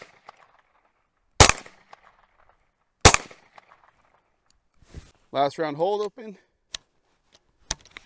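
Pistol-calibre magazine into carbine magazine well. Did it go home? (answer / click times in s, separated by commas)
yes / 7.7 s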